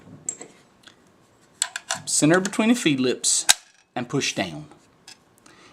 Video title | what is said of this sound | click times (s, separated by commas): How to load a magazine | And it'll just click into place. | 1.6 s